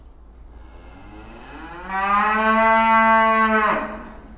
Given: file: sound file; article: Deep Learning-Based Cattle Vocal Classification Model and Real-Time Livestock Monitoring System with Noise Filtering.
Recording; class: cattle; food anticipating call